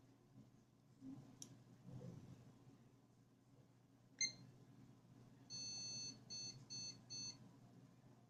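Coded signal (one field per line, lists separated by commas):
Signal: beep code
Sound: a click, then one long beep and three short beeps, high-pitched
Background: computer fan hum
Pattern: 1 long, 3 short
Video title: Asus strix Rx 470 PROBLEM part2 (press reset but no signal and bip sound problem!!!!!)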